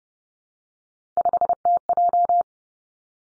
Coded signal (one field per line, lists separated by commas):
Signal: Morse code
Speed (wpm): 30 wpm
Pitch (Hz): 700 Hz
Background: none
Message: 5TJ